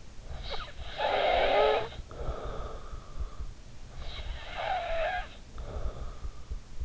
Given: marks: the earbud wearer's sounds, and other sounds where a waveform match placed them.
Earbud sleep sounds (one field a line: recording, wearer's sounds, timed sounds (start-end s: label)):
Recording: sounds in sleep by an in-ear microphone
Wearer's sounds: snoring breath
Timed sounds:
0.36-3.45 s: snoring breath
4.08-6.51 s: snoring breath